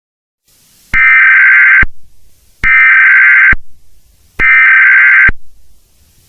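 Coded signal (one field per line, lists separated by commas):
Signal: Emergency Alert System (SAME) tones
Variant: header bursts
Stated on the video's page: Alert received on a phone.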